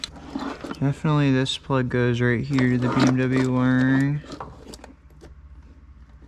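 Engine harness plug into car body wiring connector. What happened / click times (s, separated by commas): Wiring connector handled, not yet seated / none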